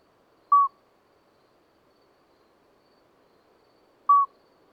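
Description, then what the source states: Common midwife toad giving two brief, clear, bell-like toots about three and a half seconds apart over faint background hiss. Two toads singing discreetly all night until dawn after two days of rain, vegetation dripping; Lesches-en-Diois, 13 May 2020; recorded with a Nagra Seven and MKH40 microphone.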